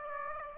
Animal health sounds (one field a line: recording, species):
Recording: mosquito wingbeat signal from an infrared sensor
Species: Aedes aegypti